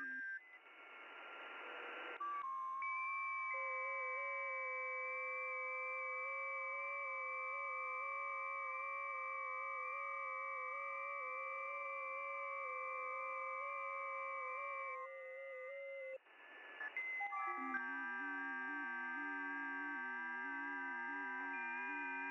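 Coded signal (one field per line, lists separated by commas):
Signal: FT8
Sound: several overlapping steady warbling tones for about 13 seconds, brief hiss, then tones again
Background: radio static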